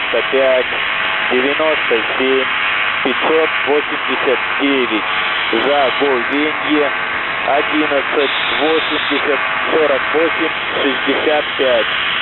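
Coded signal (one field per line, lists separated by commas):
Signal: numbers station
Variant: UVB-76 voice message, Russian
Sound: russian voice reading phonetic-alphabet names and number groups over radio hiss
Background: radio static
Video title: The Buzzer/UVB-76(4625Khz) February 21st 2022 20:13UTC most likely fake voice message by pirates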